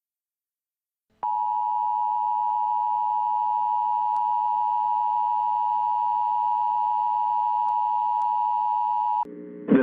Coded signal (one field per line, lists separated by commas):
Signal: Emergency Alert System (SAME) tones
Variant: 853 and 960 Hz attention tone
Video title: Severe T-Storm Warning EAS in Indianapolis, IN